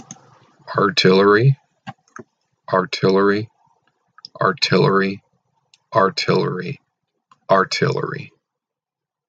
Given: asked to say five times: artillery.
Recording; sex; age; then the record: repeated word; male; 40 to 49 years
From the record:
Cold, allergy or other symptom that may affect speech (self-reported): no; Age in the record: 41 years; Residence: Oregon, United States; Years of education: 14